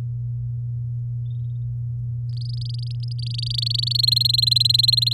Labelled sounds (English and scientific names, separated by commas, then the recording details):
Domestic Canary (Serinus canaria) song
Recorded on 10 May 2018 at 15:45
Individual llb16